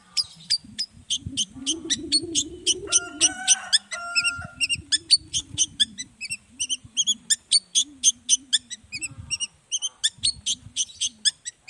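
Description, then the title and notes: Long-tailed shrike singing a long, steady series of bright, chipping notes, with a low rumbling hum underneath. Long-tailed shrike singing varied 'toet toet' notes in the morning, played to provoke other shrikes into responding. "Cendet Gacor Dor Di Kala Pagi Toet Toet Variasi Suara. Cendet Gacor Langsung Nyaut Emosi Hanya dengan Sekali Putar Bikin Cendet Lainya Cepat Respon Bunyi. Burung cendet"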